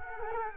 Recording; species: mosquito wingbeat signal from an infrared sensor; Culex quinquefasciatus